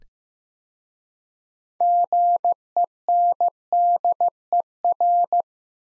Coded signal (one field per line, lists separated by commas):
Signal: Morse code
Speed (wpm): 15 wpm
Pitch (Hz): 700 Hz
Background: none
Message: GENDER